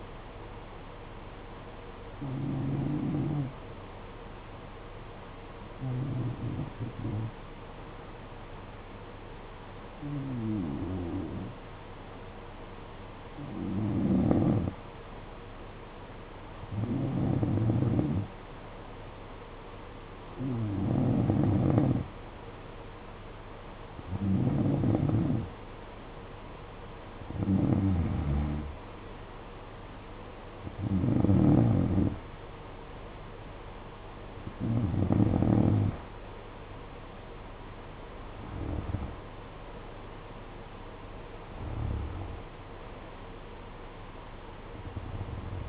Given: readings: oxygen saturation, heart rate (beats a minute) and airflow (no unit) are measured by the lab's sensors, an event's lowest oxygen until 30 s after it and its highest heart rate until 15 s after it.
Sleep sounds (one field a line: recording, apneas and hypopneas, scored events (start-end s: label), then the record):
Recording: breathing in sleep by a voice recorder at the bedside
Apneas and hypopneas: 1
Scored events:
4.00-22.30 s: hypopnea (N2, oxygen 94% highest, then 90% lowest, heart rate 54 at the start, 63 highest)
4.00-45.69 s: new sleep stage, N2 (light sleep)
From the record:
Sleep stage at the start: N1 (lightest sleep)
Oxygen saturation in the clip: 90 to 94%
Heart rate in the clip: 54 to 64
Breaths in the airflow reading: 12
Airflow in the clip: -9.5 to 7.5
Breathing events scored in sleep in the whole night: 476 in 9.7 hours asleep